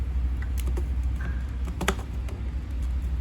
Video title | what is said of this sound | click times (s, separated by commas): March Of Dimes Mobile Clinic Instructional | lock that into place. | 1.9 s